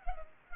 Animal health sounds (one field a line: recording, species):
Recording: mosquito wingbeat signal from an infrared sensor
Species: Culex pipiens